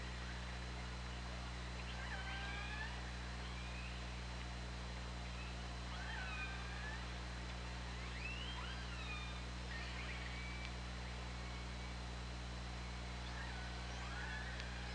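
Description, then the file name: Killer whale calls underwater, several short rising and falling whistled tones scattered throughout over a steady low hum and hiss. OrcaLab hydrophone, 24 August 2017. "Orca Lab UTLN JASON 20170824 203547"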